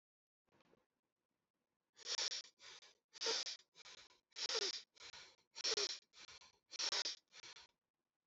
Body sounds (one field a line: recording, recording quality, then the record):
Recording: shallow breathing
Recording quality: excellent, no background noise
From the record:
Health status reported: healthy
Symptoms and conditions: diabetes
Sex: male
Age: 39 years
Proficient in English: yes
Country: India